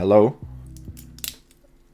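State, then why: Seated. Someone talks briefly, then presses the metal bracelet clasp of a $20 Incaseda Seiko-homage watch into its buckle again after it failed to click in on the first try. The clasp snaps shut with a sharp metallic click at 1.3 s, and it is seated.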